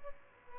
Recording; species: mosquito wingbeat signal from an infrared sensor; Aedes albopictus